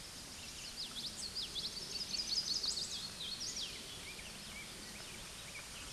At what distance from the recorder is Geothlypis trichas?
about 15 m